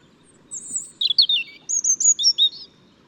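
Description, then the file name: European robin delivering thin, wavering high whistles and liquid warbled notes in a short flowing phrase, with faint low background noise. "Erithacus rubecula"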